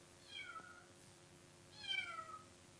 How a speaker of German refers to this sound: Es war an einem kalten, regnerischen Tag. In der Werkstatt lief gerade keine von Meister Eders lärmenden Maschinen, und so war es derart still, dass man deutlich ein Miauen hören konnte.